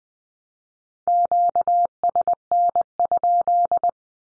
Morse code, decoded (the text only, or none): QSN?